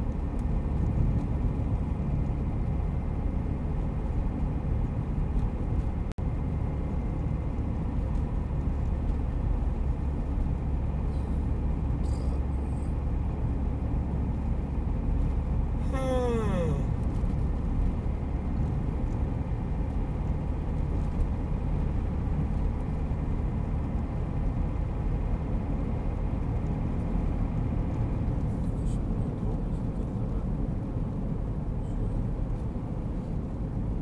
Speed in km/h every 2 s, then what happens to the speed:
53, 55, 54, 52, 50, 50, 51, 52, 54, 56, 57, 57, 59, 59, 57, 56, 53.
0-11 steady at about 52. 11-26 speeds up to 59. 26-34 slows to 53.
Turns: none.